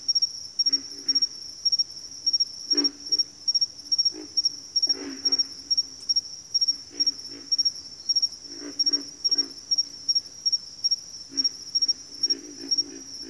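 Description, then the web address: Pig frog giving low, rough grunts in short bursts and clusters, with a steady high-pitched pulsing insect chorus throughout. Pig frogs calling in a bayou. "Echoes of Nature - Bayou Pig Frogs"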